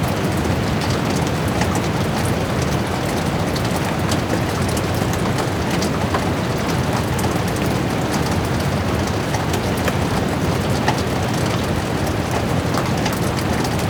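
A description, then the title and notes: Light rain patters steadily throughout, a dense, even wash of small drops with no pauses or swells. Faint sharper ticks of individual drops sit on top of a fuller low rumble, with a vehicle-like hum underneath. Light Pitter Patter.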